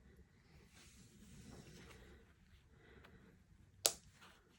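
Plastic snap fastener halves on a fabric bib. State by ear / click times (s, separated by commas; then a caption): seated / 3.9 s. The two halves of a plastic snap fastener on a fabric baby bib are pressed together and snap shut with one sharp, bright click at 3.9 s. Before that, only quiet low rustling and a faint tick at 3.0 s are heard. The snap is seated and clipped closed.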